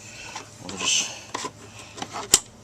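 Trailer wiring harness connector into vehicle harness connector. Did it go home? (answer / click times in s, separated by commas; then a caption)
yes / 2.3 s. On a 2003 Jeep Liberty, the passenger-side trailer wiring harness plastic connector is pushed into its mating vehicle harness connector while someone talks briefly. Soft rubbing and small plastic knocks lead up to one sharp click at 2.3 s. The connector seats firmly.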